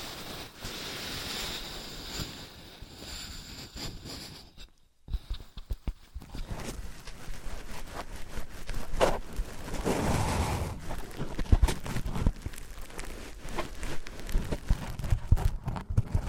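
Objects of different materials are rubbed and handled, starting with a steady, hissy scraping for about four seconds, then a brief near-silence around five seconds. After that comes a denser run of crackling rubs and sharp clicks, with a louder, fuller swell near ten seconds.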